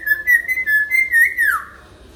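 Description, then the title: Hill myna whistling a sustained, wavering tone that ends in a downward slur. Lively-singing (gacor) hill myna; recording intended as a tutor track (masteran) for training birds. "Suara Burung Beo Gacor Cocok Untuk Masteran"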